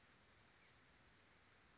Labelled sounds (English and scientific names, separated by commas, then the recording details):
Chestnut-backed Chickadee (Poecile rufescens)
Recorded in Sonoma County, California